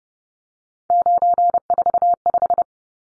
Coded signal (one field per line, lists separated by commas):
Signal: Morse code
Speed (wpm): 30 wpm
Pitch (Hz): 700 Hz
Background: none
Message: 945